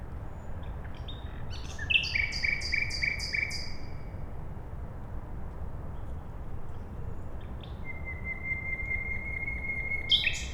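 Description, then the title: Common nightingale singing a quick repeated-note phrase, then after a pause a long, pure, even whistle followed by a sharp burst, with low hum throughout. At night beside a road in Siemianowice Śląskie, Poland, on Monday 20 May 2019, using a Zoom H5 recorder and Audio-Technica BP4025 microphone. "Bohaterów Westerplatte, 41-106 Siemianowice Śląskie, Polska - Nightingale"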